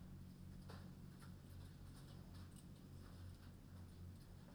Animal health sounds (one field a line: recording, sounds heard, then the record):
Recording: poultry house recording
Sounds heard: no chicken sound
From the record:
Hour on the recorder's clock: 21